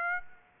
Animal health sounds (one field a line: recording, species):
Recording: mosquito wingbeat signal from an infrared sensor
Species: Aedes aegypti